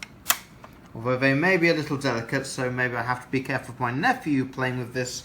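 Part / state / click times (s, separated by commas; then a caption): plastic door of a toy tram / seated / 0.0 s, 0.3 s. The hinged plastic doors of a toy tram are pushed closed from the inside and click into place, with sharp clicks at 0.0 and 0.3 seconds. Someone then talks.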